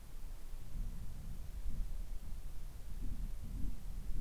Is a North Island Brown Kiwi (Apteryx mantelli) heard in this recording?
no